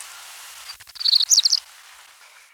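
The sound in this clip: Cinnamon-breasted Bunting song: one short, quick phrase of high, chirpy notes, preceded by a few faint clicks, with a quiet background.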